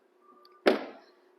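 A built-in pull-up sun shade on the rear door of a 2023 Toyota Highlander XLE is unhooked from its top clip and retracts back into the door frame. There is a faint tick at 0.5 s, then a sharp hit at 0.7 s as the shade snaps home, with a brief fading rattle after. The shade ends up sitting flush with the door frame.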